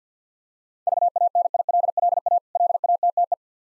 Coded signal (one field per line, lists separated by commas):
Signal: Morse code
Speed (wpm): 50 wpm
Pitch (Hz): 700 Hz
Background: none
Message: VANILLA LATTE